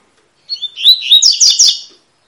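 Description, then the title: Double-collared seedeater singing a single fast phrase of high whistled and twittering notes, ending in a string of rapid repeated slurs. Tui-tui song style, used as a tutor song for teaching young birds; bird of the fibra type. "COLEIRO TUI TUI FIBRA CANTO PROFESSOR"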